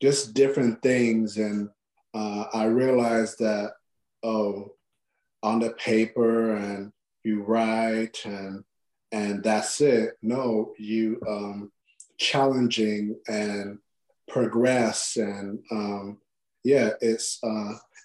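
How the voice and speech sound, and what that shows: An adult man speaks in halting, fragmented speech with frequent pauses, stretched fillers and ungrammatical phrases, typical of non-fluent aphasia.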